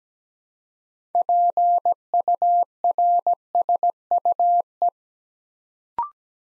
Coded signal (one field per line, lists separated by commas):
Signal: Morse code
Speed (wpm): 17 wpm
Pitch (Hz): 700 Hz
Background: none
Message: PURSUE